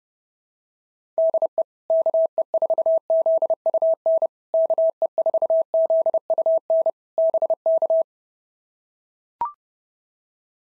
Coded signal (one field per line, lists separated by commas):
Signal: Morse code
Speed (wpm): 30 wpm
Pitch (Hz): 650 Hz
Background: none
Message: DE KE4ZUN KE4ZUN BK